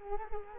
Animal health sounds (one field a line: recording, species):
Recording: mosquito wingbeat signal from an infrared sensor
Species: Culex quinquefasciatus